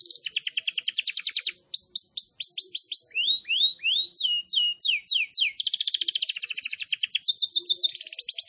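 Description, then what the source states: Canary in full song: rapid trills alternating with slower series of falling slurred whistles and clipped chirps, all high-pitched and continuous. Long, persistent canary song used as a lure and tutor recording for wild canaries.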